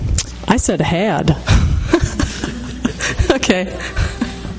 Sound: laughs